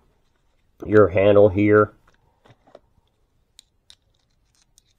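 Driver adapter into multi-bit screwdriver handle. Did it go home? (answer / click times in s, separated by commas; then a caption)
yes / 3.6 s. Someone talks, then a small metal driver adapter is pushed into the end of a multi-bit screwdriver handle, where a strong magnet pulls it home. A few faint handling sounds follow, and the adapter snaps into place with a sharp little click at 3.6 seconds. It is seated, followed by another small click and a quiet tick.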